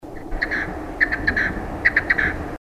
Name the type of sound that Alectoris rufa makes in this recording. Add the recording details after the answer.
song. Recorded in the wild. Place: Sevilla südl. von, ES. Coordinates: 37.1814, -5.92222. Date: 1971-03-21. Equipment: Uher Report 4200, AKG D190C in Doppel-Parabolreflektor. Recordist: Krey, Winfried